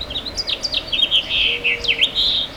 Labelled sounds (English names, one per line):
House Finch song